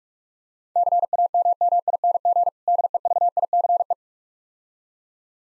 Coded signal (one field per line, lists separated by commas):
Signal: Morse code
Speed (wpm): 46 wpm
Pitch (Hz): 700 Hz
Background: none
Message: CAMMING DEVICE